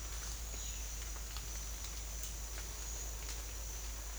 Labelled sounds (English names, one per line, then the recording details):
none
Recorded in secondary vegetation near Puerto Asís, Putumayo, Colombia, on 22 December 2024 at 07:30
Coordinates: 0.484, -76.319
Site GP06